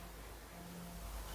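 The two halves of a small plastic battery plug are pinched together and pushed down onto the power lead of an RC ERA C170 AH-64D Apache 1/48 scale micro RC helicopter. Only steady broadband hiss is heard, with a faint low hum that rises about halfway through. The plug has not seated or clicked in yet.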